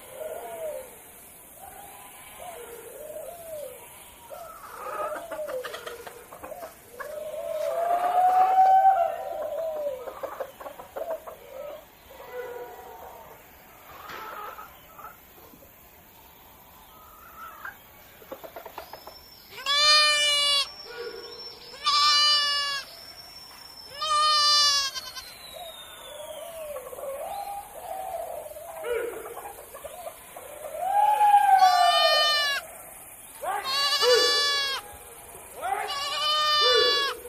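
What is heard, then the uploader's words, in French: Farm animals call in a barnyard, with repeated bleating goat-like cries and softer cooing or warbling birds. The first half holds quieter, wavering calls; from about twenty seconds, loud bleats come in bursts every few seconds, with squawks and chatter between them. A la ferme avec ses animaux.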